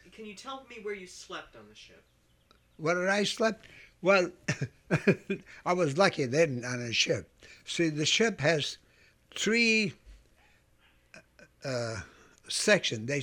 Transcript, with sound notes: Can you tell me where you slept on the ship?
Where I slept? Well, ( he laughs ) I was lucky then on the ship. See, the ship has three, uh, sections.